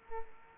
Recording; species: mosquito wingbeat signal from an infrared sensor; Culex quinquefasciatus